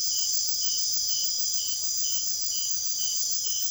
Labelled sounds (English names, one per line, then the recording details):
none
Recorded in secondary vegetation near Puerto Asís, Putumayo, Colombia, on 23 June 2025 at 23:30
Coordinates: 0.500, -76.326
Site GP08